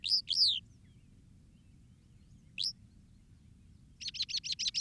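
Northern mockingbird song: two swooping high notes, a lone note after a pause, then a rapid series of several buzzy notes, over a low rumble.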